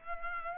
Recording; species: mosquito wingbeat signal from an infrared sensor; Culex pipiens